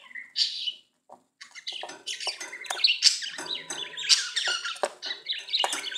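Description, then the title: Budgerigar chatter: a high squawk, a short pause, then continuous busy warbling with clicks, chirps and squeaky notes. "Budgie Sounds"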